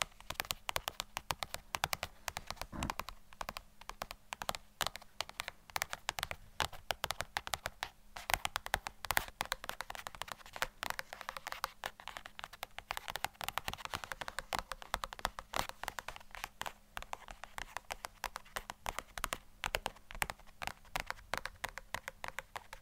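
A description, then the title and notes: Quick tapping sounds run without a break for the whole stretch, dense and irregular like fingertips on a hard surface or keys. Each tap is short and crisp with a bright click. A faint low hum sits steadily underneath. ASMR Best Tapping.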